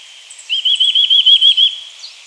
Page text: Chestnut-Vented Nuthatch Song. Quick Sounds